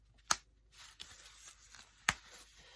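A newly applied plastic snap cap on the wings of a cloth menstrual pad is pressed closed into its socket to test it, since a snap that doesn't make its snapping sound isn't applied correctly. Two sharp plastic clicks ring out at 0.3 s and 2.1 s, with faint handling rustles and small ticks between them. The snap seats and clicks shut properly.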